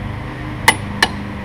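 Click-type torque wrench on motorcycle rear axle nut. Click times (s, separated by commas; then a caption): 0.7 s, 1.0 s. A click-type torque wrench is pulled to tighten the rear axle nut on a Ninja 300 or Ninja 400 motorcycle, with a low steady hum underneath. Two sharp metallic clicks ring out at 0.7 s and 1.0 s as the wrench releases at its set torque. The clicks show the nut has reached the set torque and the wrench is doing its job, so there is no need to keep pulling.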